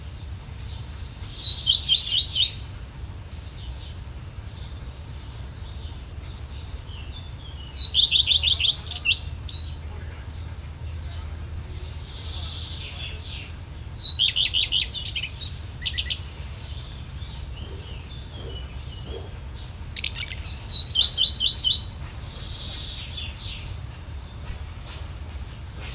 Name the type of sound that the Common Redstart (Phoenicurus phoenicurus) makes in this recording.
song